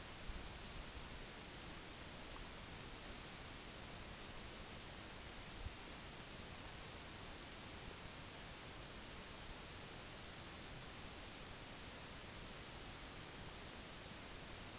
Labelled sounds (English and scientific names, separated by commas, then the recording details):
none
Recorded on Arctic tundra, site NAIT-1, on 25 June 2019
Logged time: 22:00